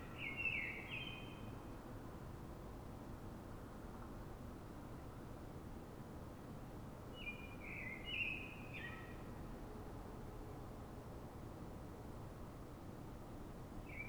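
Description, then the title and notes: Common blackbird singing short mellow phrases separated by long pauses, a third just beginning at the end, over steady low background noise. Urban blackbird singing in Fuenlabrada, Madrid, Spain; city blackbirds sing before dawn so other blackbirds hear them before human noise begins; called a reclamo; recorded with Zoom H1n. "Pl. de Francisco Escolar, 10, 28944 Fuenlabrada, Madrid, España - Sonido Reclamo de Mirlo. Mirlo cantando, es un sonido de reclamo"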